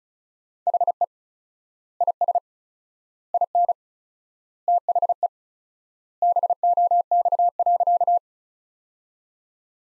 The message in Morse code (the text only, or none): HE IS IN THE BOX.